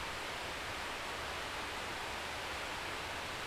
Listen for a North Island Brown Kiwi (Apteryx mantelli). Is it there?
no